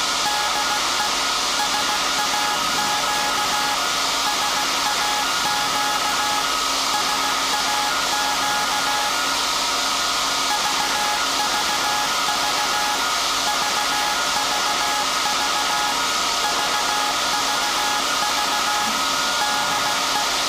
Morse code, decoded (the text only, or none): DE SAQ SAQ SAQ VVV VVV VVV DE